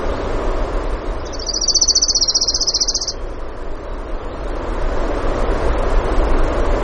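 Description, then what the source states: Orange-crowned warbler song, a single quick, steady trill of high notes about two seconds long, set against loud continuous rushing noise. Denali, Alaska; 16 June 2016, 05:32, early morning.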